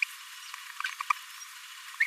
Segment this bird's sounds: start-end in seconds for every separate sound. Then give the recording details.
1.10-1.12. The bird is a male. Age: 26 days. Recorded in a nest box in Venezuela. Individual 17B42A3